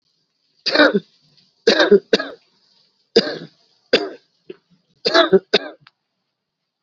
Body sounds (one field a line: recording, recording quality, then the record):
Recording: heavy voluntary cough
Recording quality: excellent, no background noise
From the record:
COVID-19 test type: RT-PCR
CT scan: not taken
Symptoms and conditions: cough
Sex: male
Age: 40 years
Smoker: yes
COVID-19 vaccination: none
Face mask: worn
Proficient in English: yes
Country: India